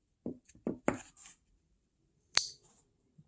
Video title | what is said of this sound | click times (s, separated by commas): Ford, Lincoln, Mercury, merkur wire connectors, how to repin in 3 minutes or less | click when it goes back in and slock the place | 2.4 s